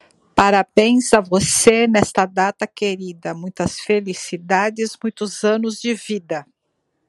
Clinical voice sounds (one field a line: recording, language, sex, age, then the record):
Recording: short text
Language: Brazilian Portuguese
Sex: female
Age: 60 to 69 years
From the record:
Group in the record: control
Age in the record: 60 years